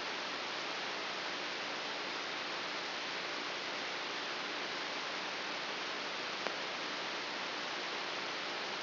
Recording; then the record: brain microelectrode recording played as sound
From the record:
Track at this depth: inside the subthalamic nucleus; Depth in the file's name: 1.456 mm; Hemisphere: left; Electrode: 2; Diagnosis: Parkinson's disease